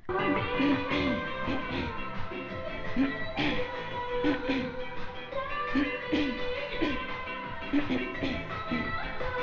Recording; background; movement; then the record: throat clearing; music; walking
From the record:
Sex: female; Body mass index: 22.6 kg/m2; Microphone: on the chest, facing outward